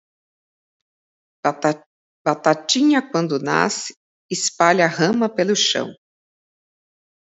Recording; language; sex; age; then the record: short text; Brazilian Portuguese; female; 50 to 59 years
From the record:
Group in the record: control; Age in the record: 58 years